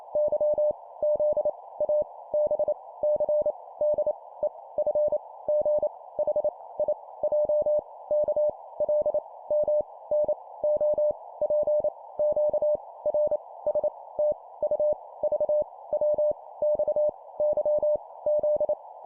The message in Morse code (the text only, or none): Y Z A B C D E F G H I J K L M N O P Q R S T U V W X Y Z